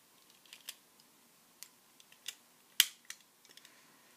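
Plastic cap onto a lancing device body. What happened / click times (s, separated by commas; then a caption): Small plastic cover snaps on / 2.8 s. The plastic cover is pushed back onto a lancing device body after the lancet needle has been inserted. A few light clicks and rattles come first, then a sharp, bright snap at 2.8 s as the cap seats, followed by a few softer ticks.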